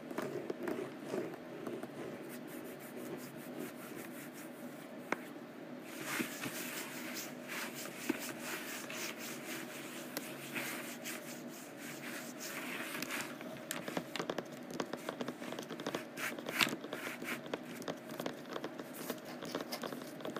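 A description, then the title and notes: Scratching and tapping on rough canvas, a steady dry rasping that runs through the whole clip with a low hum underneath. The scraping grows denser and brighter from about six seconds on, and sharp taps break in irregularly, especially in the last few seconds. ASMR Rough Canvass: Scratching and Tapping.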